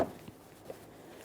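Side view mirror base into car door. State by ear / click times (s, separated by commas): seated / 0.7 s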